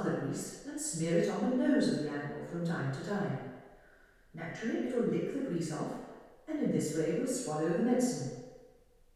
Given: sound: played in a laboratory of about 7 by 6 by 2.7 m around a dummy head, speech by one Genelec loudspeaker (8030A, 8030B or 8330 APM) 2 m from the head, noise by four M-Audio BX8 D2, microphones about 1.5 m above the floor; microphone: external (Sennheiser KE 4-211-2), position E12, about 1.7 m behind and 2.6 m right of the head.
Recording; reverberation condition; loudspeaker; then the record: female speech in English; high; 120 degrees to the left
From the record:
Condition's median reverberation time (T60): about 1300 ms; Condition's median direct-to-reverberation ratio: about -4.0 dB